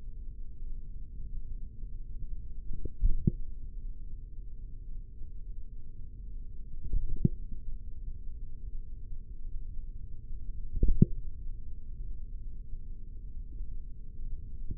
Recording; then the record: forearm muscle sounds (acoustic myography)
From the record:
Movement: tripod grip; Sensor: system 3, bracelet of six PUI Audio POM-2738L microphones around the upper forearm, with dedicated amplification and filtering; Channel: 3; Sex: male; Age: 43 years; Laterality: right